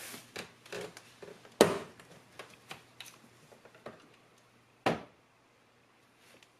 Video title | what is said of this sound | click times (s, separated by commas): Audi S3 Cupholder Ambient Lighting Project DIY | gently pull up on the tool you should hear the console snap free | 1.6 s